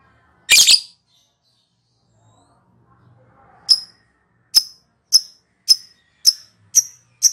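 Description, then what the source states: Lovebird calls, a loud harsh burst, then after a pause a series of sharp high chirps. Song style called ngekek.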